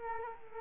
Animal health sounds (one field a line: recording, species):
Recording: mosquito wingbeat signal from an infrared sensor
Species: Culex quinquefasciatus